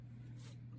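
A spare pistol magazine is handled at the polymer spare-magazine holder of a CAA USA MCK Micro Conversion Kit for the Glock 26/27/33. The holder locks the magazine in place rather than holding it by friction. Only a steady low hum and faint handling noise are heard, and nothing has seated or clicked yet.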